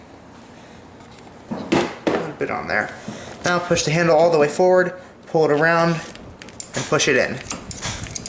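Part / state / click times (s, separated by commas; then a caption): rear brake handle and cable fitting going into the brake assembly of an ATV / seated / 7.7 s, 8.2 s, 8.3 s. Someone talks while the rear brake handle and cable fitting are worked into the brake assembly of a Honda Rancher ATV: the handle is pushed all the way forward, pulled around, pushed in, then worked a little. Short, sharp clicks at 7.7, 8.2 and 8.3 seconds mark the linkage clicking into place, and that side is seated.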